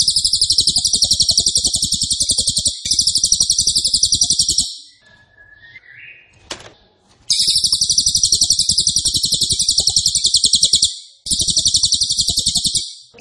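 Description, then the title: Cililin song: repeated bursts of loud, dense, rapidly pulsed high trilling with brief breaks, one longer pause holding a faint rising whistle and a click. Loud, dense rapid-fire song style ('nembak keras dan rapat') used as a favourite masteran training recording for oriental magpie-robin, leafbird and white-rumped shama. "Cililin NEMBAK KERAS dan RAPAT masteran murai batu cucak ijo dan kacer"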